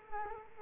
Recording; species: mosquito wingbeat signal from an infrared sensor; Culex quinquefasciatus